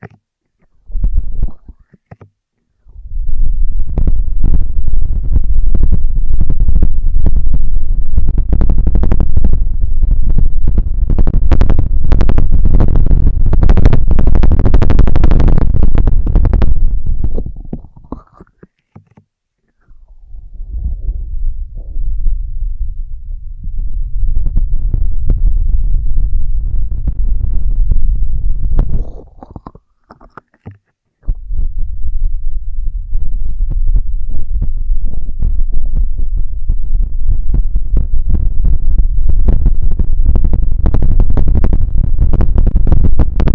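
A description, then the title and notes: Ear triggers with no talking: dense, crackly rubbing and scratching sounds with a heavy low rumble, running in long continuous stretches. The sound drops to near silence around 18 and 30 seconds, and the middle section is softer and thinner before the louder texture returns. Intense Ear Triggers (No Talking).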